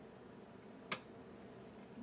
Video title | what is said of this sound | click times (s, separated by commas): Dell 2320 GPU reveal/heat sink removal | it locks into place there | 0.9 s